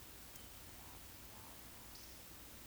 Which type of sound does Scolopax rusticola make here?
whistle, croak